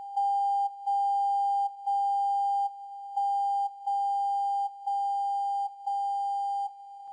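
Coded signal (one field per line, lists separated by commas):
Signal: radio time signal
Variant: WWVB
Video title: WWVB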